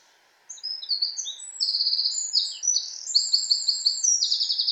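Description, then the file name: Eurasian wren song: a loud, rapid run of high buzzy trills and sharp twittering notes, building steadily without a break after a short quiet start. "Troglodytes troglodytes"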